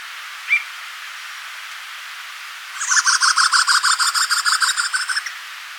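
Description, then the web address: Northern mountain cacique with one brief sharp note, then a long, rapid, buzzy chatter of evenly repeated notes lasting about two and a half seconds. Recorded in Ecuador. "Birds of Ecuador. Northern Mountain-Cacique"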